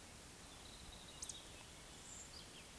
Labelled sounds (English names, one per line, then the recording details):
Eurasian Woodcock whistle
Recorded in Baden-Württemberg, Germany, on 31 May 2021 at 19:41 UTC
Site 24606, 635 m above sea level